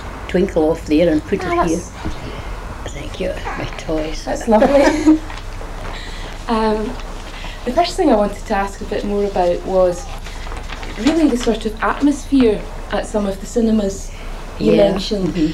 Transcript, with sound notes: Twinkle off there and put it here.
Ah, that's...
Thank you. Toys. [laughs]
That's lovely. [laughs] Erm. The first thing I wanted to ask a bit more about was, really the sort of atmosphere at some of the cinemas you mentioned.